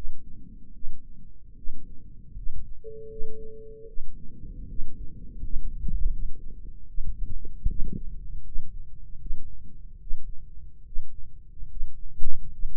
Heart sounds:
heart sounds by microphone in the right ear; 76 bpm
0.72 s: heartbeat
1.55 s: heartbeat
2.34 s: heartbeat
3.08 s: heartbeat
3.86 s: heartbeat
4.66 s: heartbeat
5.40 s: heartbeat
6.10 s: heartbeat
6.86 s: heartbeat
7.67 s: heartbeat
8.43 s: heartbeat
9.17 s: heartbeat
9.98 s: heartbeat
10.83 s: heartbeat
11.67 s: heartbeat
12.49 s: heartbeat
From the record:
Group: healthy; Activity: rest 0-4 s, breath hold 4-13 s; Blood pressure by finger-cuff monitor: 88/60 mmHg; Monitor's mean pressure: 67 mmHg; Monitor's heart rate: 78 bpm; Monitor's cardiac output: 5.8 L/min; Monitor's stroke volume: 74 mL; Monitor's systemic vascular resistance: 850 dyn s/cm5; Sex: female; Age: 22 years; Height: 163 cm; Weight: 67.1 kg

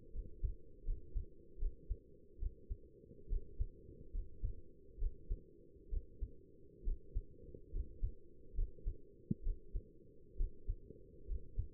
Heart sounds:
heart sounds by stethoscope; 70 bpm
0.15 s: heartbeat
0.86 s: heartbeat
1.60 s: heartbeat
2.41 s: heartbeat
3.31 s: heartbeat
4.14 s: heartbeat
5.00 s: heartbeat
5.91 s: heartbeat
6.86 s: heartbeat
7.73 s: heartbeat
8.56 s: heartbeat
9.45 s: heartbeat
10.38 s: heartbeat
11.28 s: heartbeat
From the record:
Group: healthy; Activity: rest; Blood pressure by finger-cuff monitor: 110/68 mmHg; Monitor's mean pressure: 80 mmHg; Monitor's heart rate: 70 bpm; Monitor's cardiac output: 6.5 L/min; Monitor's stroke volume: 92 mL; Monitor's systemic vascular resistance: 900 dyn s/cm5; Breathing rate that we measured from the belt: 16 breaths a minute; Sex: male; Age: 22 years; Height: 181 cm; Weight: 79 kg

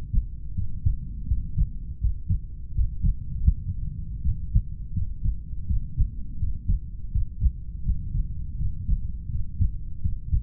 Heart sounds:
heart sounds by stethoscope; 82 bpm
0.53 s: heartbeat
1.26 s: heartbeat
1.99 s: heartbeat
2.73 s: heartbeat
3.42 s: heartbeat
4.21 s: heartbeat
4.92 s: heartbeat
5.66 s: heartbeat
6.37 s: heartbeat
7.11 s: heartbeat
7.83 s: heartbeat
8.56 s: heartbeat
9.28 s: heartbeat
10.00 s: heartbeat
From the record:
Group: heart failure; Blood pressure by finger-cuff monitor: 74/47 mmHg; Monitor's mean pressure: 53 mmHg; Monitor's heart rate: 80 bpm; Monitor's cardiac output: 6.5 L/min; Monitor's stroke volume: 78 mL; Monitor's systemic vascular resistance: 550 dyn s/cm5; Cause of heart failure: idiopathic cardiomyopathy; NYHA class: 2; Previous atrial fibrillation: present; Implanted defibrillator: present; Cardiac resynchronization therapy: present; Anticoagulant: warfarin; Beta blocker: metoprolol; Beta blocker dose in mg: 50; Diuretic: furosemide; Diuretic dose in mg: 40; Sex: male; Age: 62 years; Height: 184 cm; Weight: 101 kg

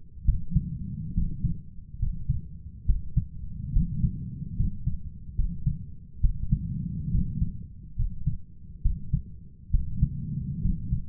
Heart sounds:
heart sounds by stethoscope; 69 bpm
0.25 s: heartbeat
1.14 s: heartbeat
1.99 s: heartbeat
2.86 s: heartbeat
3.72 s: heartbeat
4.56 s: heartbeat
5.35 s: heartbeat
6.20 s: heartbeat
7.11 s: heartbeat
7.96 s: heartbeat
8.82 s: heartbeat
9.71 s: heartbeat
10.61 s: heartbeat
From the record:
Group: healthy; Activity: rest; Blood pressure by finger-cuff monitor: 122/67 mmHg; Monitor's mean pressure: 81 mmHg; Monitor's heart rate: 70 bpm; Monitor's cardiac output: 7.2 L/min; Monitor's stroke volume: 103 mL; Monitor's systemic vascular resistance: 800 dyn s/cm5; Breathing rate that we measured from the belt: 19 breaths a minute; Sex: male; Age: 23 years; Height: 178 cm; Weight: 96.6 kg

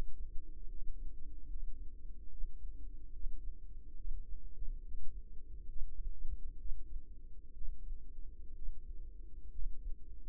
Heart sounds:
heart sounds by microphone in the right ear; 68 bpm
0.65 s: heartbeat
1.46 s: heartbeat
2.28 s: heartbeat
3.10 s: heartbeat
3.95 s: heartbeat
4.81 s: heartbeat
5.67 s: heartbeat
6.56 s: heartbeat
7.53 s: heartbeat
8.53 s: heartbeat
9.50 s: heartbeat
From the record:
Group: healthy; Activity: breath hold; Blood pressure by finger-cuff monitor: 93/60 mmHg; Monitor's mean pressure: 68 mmHg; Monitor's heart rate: 70 bpm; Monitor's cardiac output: 4.9 L/min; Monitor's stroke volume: 70 mL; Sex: female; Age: 36 years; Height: 163 cm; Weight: 88 kg

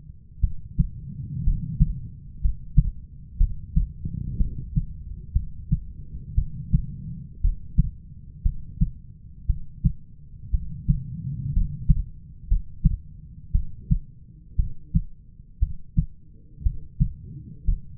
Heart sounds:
heart sounds by stethoscope; 59 bpm
0.40 s: heartbeat
1.43 s: heartbeat
2.41 s: heartbeat
3.37 s: heartbeat
4.37 s: heartbeat
5.33 s: heartbeat
6.35 s: heartbeat
7.41 s: heartbeat
8.42 s: heartbeat
9.46 s: heartbeat
10.51 s: heartbeat
11.53 s: heartbeat
12.48 s: heartbeat
13.52 s: heartbeat
14.56 s: heartbeat
15.59 s: heartbeat
16.63 s: heartbeat
17.64 s: heartbeat
From the record:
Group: healthy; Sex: female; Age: 37 years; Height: 168 cm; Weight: 70 kg

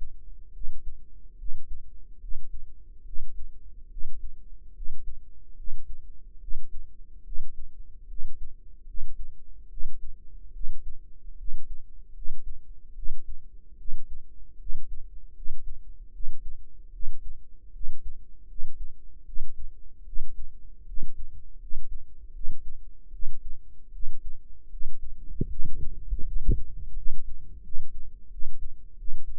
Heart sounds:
heart sounds by microphone in the right ear; 76 bpm
0.51 s: heartbeat
1.36 s: heartbeat
2.18 s: heartbeat
3.03 s: heartbeat
3.88 s: heartbeat
4.72 s: heartbeat
5.54 s: heartbeat
6.38 s: heartbeat
7.22 s: heartbeat
8.06 s: heartbeat
8.84 s: heartbeat
9.67 s: heartbeat
10.51 s: heartbeat
11.35 s: heartbeat
12.12 s: heartbeat
12.93 s: heartbeat
13.75 s: heartbeat
14.56 s: heartbeat
15.32 s: heartbeat
16.10 s: heartbeat
16.90 s: heartbeat
17.71 s: heartbeat
18.45 s: heartbeat
19.23 s: heartbeat
20.03 s: heartbeat
20.84 s: heartbeat
21.57 s: heartbeat
22.31 s: heartbeat
23.10 s: heartbeat
23.90 s: heartbeat
24.68 s: heartbeat
25.47 s: heartbeat
26.22 s: heartbeat
26.93 s: heartbeat
27.61 s: heartbeat
28.29 s: heartbeat
28.95 s: heartbeat
From the record:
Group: healthy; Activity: rest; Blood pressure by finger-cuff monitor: 117/78 mmHg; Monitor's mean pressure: 89 mmHg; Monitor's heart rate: 73 bpm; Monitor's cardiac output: 5.6 L/min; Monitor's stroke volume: 75 mL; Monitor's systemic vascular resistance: 1170 dyn s/cm5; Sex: female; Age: 22 years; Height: 160 cm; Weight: 45 kg

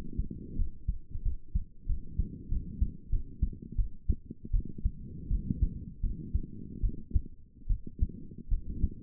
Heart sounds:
heart sounds by stethoscope; 83 bpm
0.55 s: heartbeat
1.22 s: heartbeat
1.86 s: heartbeat
2.48 s: heartbeat
3.09 s: heartbeat
3.75 s: heartbeat
4.51 s: heartbeat
5.28 s: heartbeat
6.00 s: heartbeat
6.80 s: heartbeat
7.67 s: heartbeat
8.48 s: heartbeat
From the record:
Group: healthy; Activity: rest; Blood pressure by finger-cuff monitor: 163/91 mmHg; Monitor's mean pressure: 113 mmHg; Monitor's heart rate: 77 bpm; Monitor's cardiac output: 6.7 L/min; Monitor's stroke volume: 86 mL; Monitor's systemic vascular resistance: 1190 dyn s/cm5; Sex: female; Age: 22 years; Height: 154 cm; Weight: 58.7 kg

